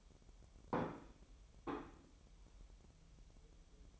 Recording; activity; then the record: daily activity, microphone in the room; place plate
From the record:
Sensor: 1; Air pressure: 988.6 hPa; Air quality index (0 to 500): 196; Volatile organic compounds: 929 ppm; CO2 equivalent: 5229 ppm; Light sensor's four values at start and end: 25/93/35/36 and 25/93/35/36